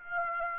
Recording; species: mosquito wingbeat signal from an infrared sensor; Aedes aegypti